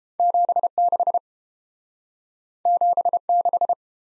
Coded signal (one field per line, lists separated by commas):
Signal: Morse code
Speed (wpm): 29 wpm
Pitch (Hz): 700 Hz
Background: none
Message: 76 76